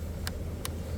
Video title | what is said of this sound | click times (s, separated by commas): How to remove install replace license plate tag lights 2014-2026Dodge Durango RT GT Hellcat RedEye | you'll feel it click in place. It'll click in place on both sides. | 0.3 s, 0.7 s